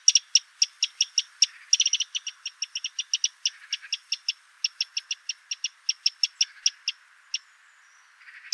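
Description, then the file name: Eurasian wren giving a long rapid series of sharp ticking notes, some bursts faster, running almost without pause. "Troglodytes troglodytes"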